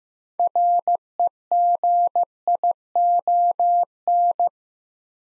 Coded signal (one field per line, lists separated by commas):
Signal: Morse code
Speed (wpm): 15 wpm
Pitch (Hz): 700 Hz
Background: none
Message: REGION